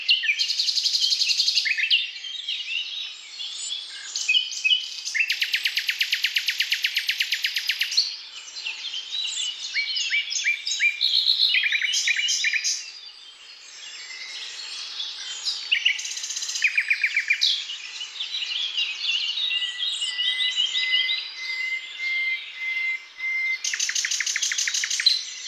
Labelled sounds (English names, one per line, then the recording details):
Common Nightingale song
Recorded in the wild
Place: Waltershofen / Freiburg im Breisgau, Baden-Württemberg, DE
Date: 2005-05-12
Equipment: Minidisc Sony MZ-R35, Telinga DAT, Telinga-Parabolspiegel
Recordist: Schwarz, Dieter
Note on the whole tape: Song